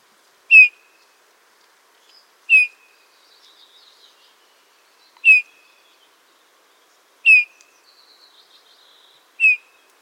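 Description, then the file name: Eurasian bullfinch calls: soft, clear, downslurred piping whistles repeated about every two seconds, five in all, with faint twittering from other birds between them. "Pyrrhula pyrrhula"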